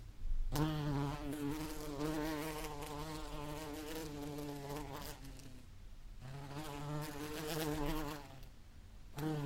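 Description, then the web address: Bee flight hum, a buzzy harmonic drone that starts suddenly, dips in the middle, then resumes. "el agradable sonido del vuelo de una abeja"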